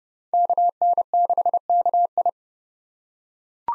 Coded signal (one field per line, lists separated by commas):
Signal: Morse code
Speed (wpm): 31 wpm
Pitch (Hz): 700 Hz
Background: none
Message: KN6KI